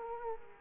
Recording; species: mosquito wingbeat signal from an infrared sensor; Culex quinquefasciatus